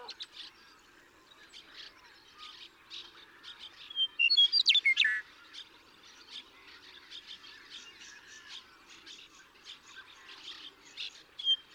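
Western meadowlark song: one loud, complex burst of flutey whistles and gurgles near the middle, over a steady chorus of chirping birds.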